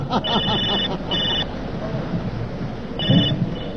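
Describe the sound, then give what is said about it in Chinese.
A telephone at an army unit's machinery repair workshop rings in repeated bright, high-pitched electronic bursts, about three short trills spaced apart, over a steady background of low rumbling noise, in the comedy sketch 'Officer Daughter, Soldier Dad' performed by Guo Da and Jing Fenglin. “哎呀，王参谋啊，你怎么才来电话呀？”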